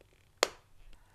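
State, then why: Seated. A Cardo Scala Rider Freecom 4 motorcycle intercom unit is inserted connector side first into its helmet-mounted cradle, then pressed firmly on the release-tab side. A single sharp, bright click at 0.4 s shows it has seated and is properly connected, followed by a faint tick near 0.9 s against a quiet background.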